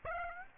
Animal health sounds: mosquito wingbeat signal from an infrared sensor; Aedes aegypti

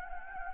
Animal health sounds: mosquito wingbeat signal from an infrared sensor; Anopheles gambiae

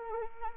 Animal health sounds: mosquito wingbeat signal from an infrared sensor; Anopheles arabiensis

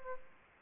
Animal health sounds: mosquito wingbeat signal from an infrared sensor; Aedes aegypti

